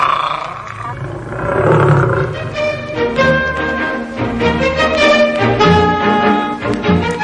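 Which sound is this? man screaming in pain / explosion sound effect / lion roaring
lion roaring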